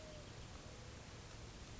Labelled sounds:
Pacific Wren
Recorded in Sonoma County, California

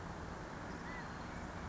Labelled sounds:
California Quail
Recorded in Sonoma County, California

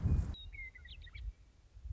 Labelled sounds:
Western Meadowlark
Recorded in Sonoma County, California

